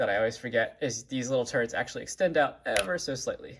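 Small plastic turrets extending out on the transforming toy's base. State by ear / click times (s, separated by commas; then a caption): not seated / none. Someone talks while handling the small plastic turrets on the base of a Newage H53EX Michael transforming robot toy, about to pull them slightly forward into their extended position. Only speech is heard, and nothing has seated or clicked yet.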